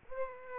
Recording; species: mosquito wingbeat signal from an infrared sensor; Aedes aegypti